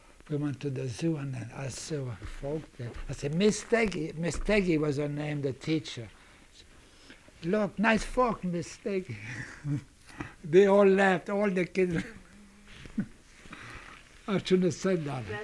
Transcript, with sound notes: we went to the zoo and I saw a fok, I said, "Miss Teggy ," Miss Teggy was the name of the teacher. "Look, nice fok Miss Teggy ( he laughs ) They all laughed, all the kids. I shouldn't have said that.